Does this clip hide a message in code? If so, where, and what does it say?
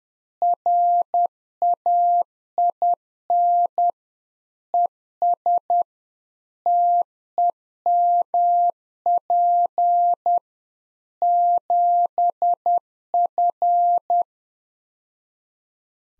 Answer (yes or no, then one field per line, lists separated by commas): yes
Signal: Morse code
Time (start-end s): 0.4-14.2 s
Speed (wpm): 10 wpm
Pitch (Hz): 700 Hz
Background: none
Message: RAIN ES TEMP 7F